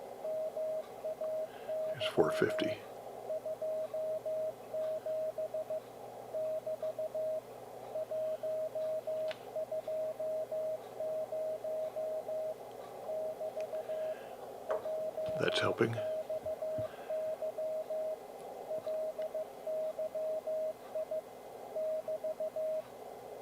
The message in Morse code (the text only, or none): MAY 27 <BT> 120 <BT> JXY LYI <BT>